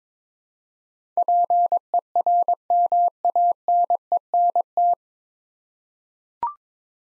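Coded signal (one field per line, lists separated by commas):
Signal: Morse code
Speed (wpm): 23 wpm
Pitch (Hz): 700 Hz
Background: none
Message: PERMANENT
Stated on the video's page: Morse practice set sending 9-letter words at 22 wpm for head-copy training.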